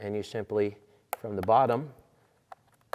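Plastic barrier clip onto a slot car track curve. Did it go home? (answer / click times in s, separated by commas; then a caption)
yes / 2.5 s, 2.9 s. A plastic barrier piece is pushed under a curved slot car track section from the bottom and clipped over the top edge. Someone talks, then short sharp snaps are heard at 2.5 s and 2.9 s. The barrier clips on solidly and is seated.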